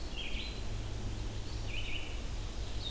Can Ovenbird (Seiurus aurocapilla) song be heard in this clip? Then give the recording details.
no. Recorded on 25 June 2016 at 07:33. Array SBT-6-76